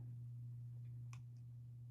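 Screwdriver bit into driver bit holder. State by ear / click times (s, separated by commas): seated / 1.1 s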